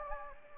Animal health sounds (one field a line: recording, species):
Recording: mosquito wingbeat signal from an infrared sensor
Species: Anopheles gambiae